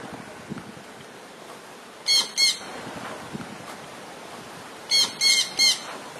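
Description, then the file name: Jandaya parakeet uttering shrill, grating squawks: a pair of notes, a pause, then a tight run of three, over faint steady background noise. "canto da jandaia verdadeira"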